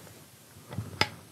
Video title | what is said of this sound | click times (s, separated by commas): Installing The Wire Basket On A TFT RC Monitor | again aligning with their grooves and pressing in and giving a twist until it locks into place | 1.0 s